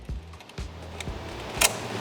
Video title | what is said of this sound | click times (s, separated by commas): 2025 Motorhome - Detachable 13 pin Towbar, DAB/FM Antenna (Auto-Trail Upgrades) | Take the key out and that's now locked. | 1.7 s